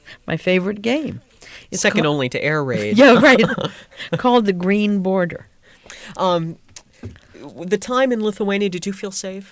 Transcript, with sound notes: my favorite game.
Second only to air raids. ( they laugh )
Yeah, right. Called the green border.
At the time, in Lithuania, did you feel safe?